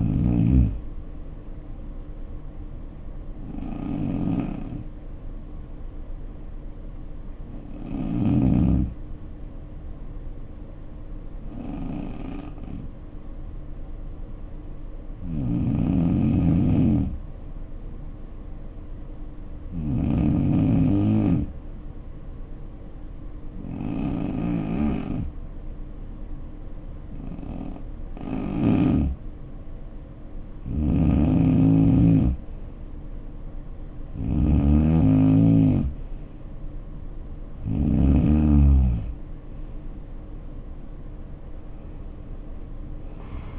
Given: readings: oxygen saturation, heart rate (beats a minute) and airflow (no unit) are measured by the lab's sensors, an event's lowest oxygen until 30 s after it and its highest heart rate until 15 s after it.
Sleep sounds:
breathing in sleep by a smartphone at the bedside; 1
8.00-38.00 s: hypopnea (N2, oxygen 93% highest, then 85% lowest, heart rate 57 at the start, 72 highest)
From the record:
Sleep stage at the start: N2 (light sleep); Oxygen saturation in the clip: 85 to 93%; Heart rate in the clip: 57 to 72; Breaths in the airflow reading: 12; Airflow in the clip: -5.0 to 5.6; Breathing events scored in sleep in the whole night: 520 in 7.2 hours asleep

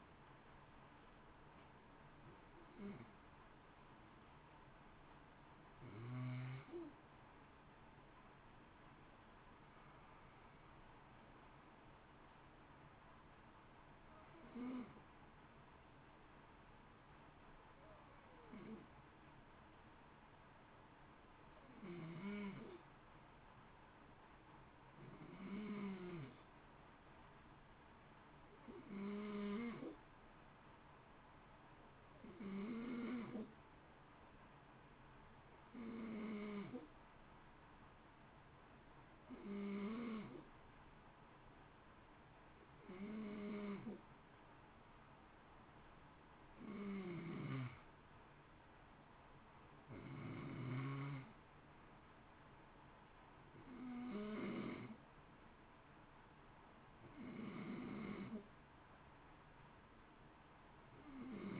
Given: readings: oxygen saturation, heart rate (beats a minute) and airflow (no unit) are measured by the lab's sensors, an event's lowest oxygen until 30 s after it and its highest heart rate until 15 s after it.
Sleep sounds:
breathing in sleep by a voice recorder at the bedside; 1
9.00-61.60 s: new sleep stage, N2 (light sleep)
10.00-24.00 s: hypopnea (N2, oxygen 94% highest, then 91% lowest, heart rate 52 at the start, 58 highest)
From the record:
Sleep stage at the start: N1 (lightest sleep); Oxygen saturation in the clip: 91 to 94%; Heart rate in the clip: 51 to 58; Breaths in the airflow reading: 20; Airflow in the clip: -0.9 to 1.2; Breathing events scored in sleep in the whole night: 328 in 6.3 hours asleep

